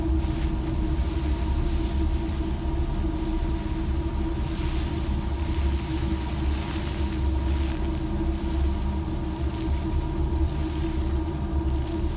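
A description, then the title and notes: An imagined ocean soundscape built from beach plastic: a steady, dense low rumble with a droning hum layered above it. Hissing washes swell and fade every couple of seconds, strongest around the middle and near the end, like surf rolling through. This podcast provides a journey through an ocean soundscape of the future, with all sounds created from plastic objects found on a beach.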